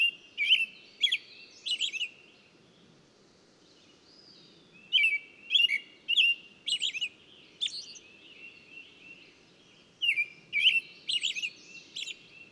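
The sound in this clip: Bird song in short bursts of several quick chirps separated by long quiet gaps, with a gentle low rumble behind.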